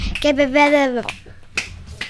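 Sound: finger snapping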